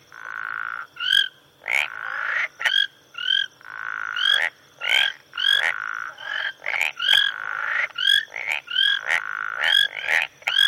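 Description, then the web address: Tree and marsh frogs calling densely, overlapping croaking and rattling notes, with a steady high insect whine behind. Early evening tropical rain forest in Rwanda; marsh and tree frogs calling together with insects. "BBC Africa Rwanda. tropical rain forest atmosphere with marsh and tree frogs and insects"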